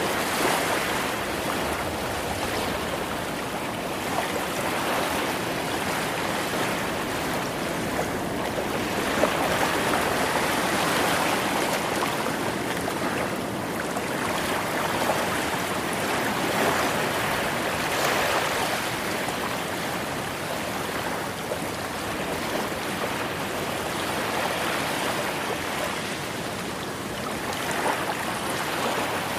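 Ocean waves wash in a steady, dense hiss with no clear breaks between them, the sound spread evenly from low rumble to bright spray. Loudness barely shifts over the half minute, with faint swells in intensity around ten and eighteen seconds.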